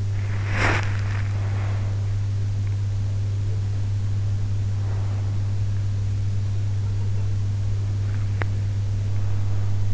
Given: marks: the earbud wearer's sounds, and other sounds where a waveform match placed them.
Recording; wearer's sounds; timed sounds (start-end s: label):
sounds in sleep by an in-ear microphone; body movement, teeth grinding
0.00-2.16 s: body movement
8.18-8.88 s: teeth grinding